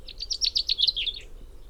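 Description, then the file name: Common chaffinch song fragment: a rapid run of bright notes slipping gradually lower, lasting just over a second. "Fringilla coelebs"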